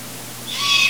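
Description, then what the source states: Long-eared owl screech, a single hoarse, hissing squeal that swells and holds for about half a second, over a low steady electrical hum. Juvenile.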